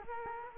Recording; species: mosquito wingbeat signal from an infrared sensor; Culex quinquefasciatus